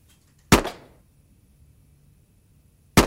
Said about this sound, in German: Der erste Schuss riss den Kopf zurück, der zweite bohrte sich durch seine wie eine Uniform wirkende Krawatte.